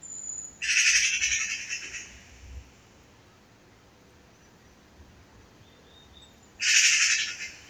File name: Pica pica